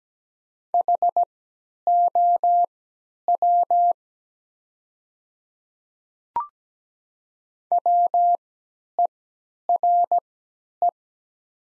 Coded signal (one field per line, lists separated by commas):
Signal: Morse code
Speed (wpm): 17 wpm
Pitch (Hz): 700 Hz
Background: none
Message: HOW WERE